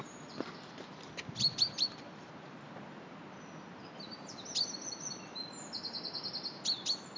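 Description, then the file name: Common chaffinch calls: a quick trio of sharp high notes, then later a run of softer repeated notes, over constant low hiss. "Fringilla coelebs"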